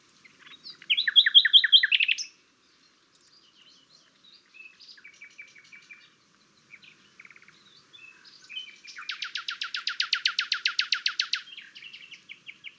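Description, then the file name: Common nightingale song: a loud, buzzy burst, then soft scattered notes, then a long, rapid, evenly pulsed trill near the end, with quiet background. "Luscinia megarhynchos"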